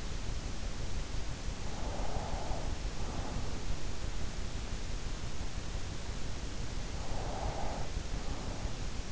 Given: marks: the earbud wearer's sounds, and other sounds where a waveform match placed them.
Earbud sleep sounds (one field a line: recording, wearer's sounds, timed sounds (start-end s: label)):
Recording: sounds in sleep by an in-ear microphone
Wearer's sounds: breath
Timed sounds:
0.90-4.22 s: breath
6.52-9.12 s: breath